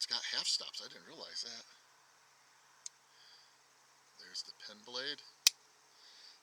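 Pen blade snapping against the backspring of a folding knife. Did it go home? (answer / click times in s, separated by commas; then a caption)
yes / 5.5 s. Someone talks while working the small steel pen blade of a slipjoint pocket knife. A faint tick comes at 2.9 s, then the blade snaps into position under the backspring with a sharp click at 5.5 s. The pen blade is seated.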